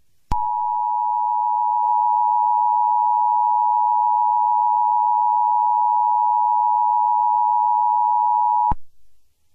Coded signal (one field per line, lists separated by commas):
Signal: Emergency Alert System (SAME) tones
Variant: 853 and 960 Hz attention tone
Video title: EAS scenario - Alien Invasion